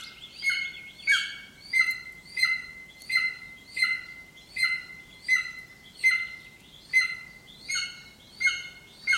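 Bird calls in a steady series, each a harsh buzzy note over a whistled tone, repeated about every seven-tenths of a second, with faint background hiss.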